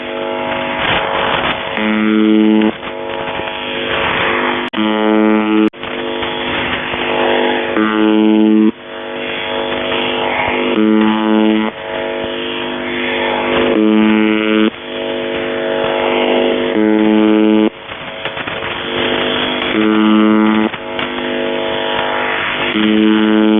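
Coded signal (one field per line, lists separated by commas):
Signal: channel marker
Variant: UVB-76 (The Buzzer)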